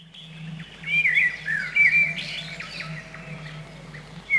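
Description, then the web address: Common blackbird song: a rich, wavering whistled phrase with squeaky higher notes mixed in, a new phrase starting at the end, and a low steady hum throughout. Recorded in spring. "vremena vesna 02 drozd chjorni"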